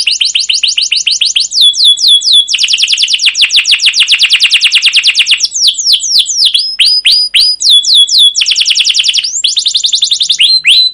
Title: CUIT CUIT NGEROL LANGSUNG GACOR PANJANG Kenari Ini Utk Pancingan KENAR. Masteran Suara Burung Kenari Gacor Panjang cuit cuit Ngerol untuk Pancingan Kenari!